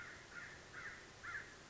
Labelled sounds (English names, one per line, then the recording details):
American Crow
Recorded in Sonoma County, California